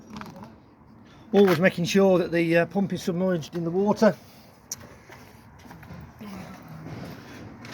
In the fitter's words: and then just push it back in until it clicks